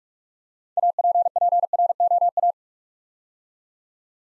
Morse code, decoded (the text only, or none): APPROA